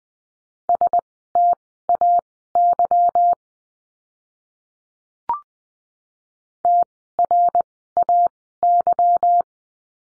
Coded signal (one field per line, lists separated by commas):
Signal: Morse code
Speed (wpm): 20 wpm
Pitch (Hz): 700 Hz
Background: none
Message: STAY TRAY